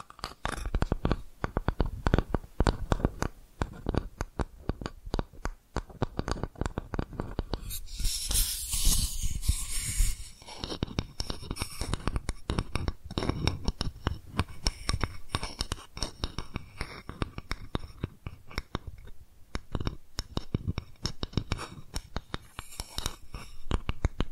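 Dense, rapid tapping runs throughout, sharp clicks falling several times a second with a crisp, bright edge. Around eight to ten seconds a hissy, scratchy brushing rises over the taps, then the steady irregular tapping continues to the end.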